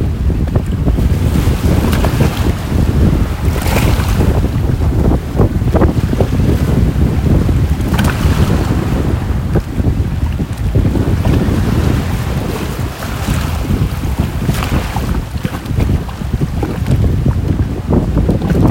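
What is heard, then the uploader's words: Ocean sounds by the shore, with a constant heavy low rumble of surf and strong wind buffeting the microphone throughout. Brighter washes of water rise every few seconds, around 4, 8 and 14 seconds, over the steady dense roar. The sounds of the ocean in San Juan, Puerto Rico.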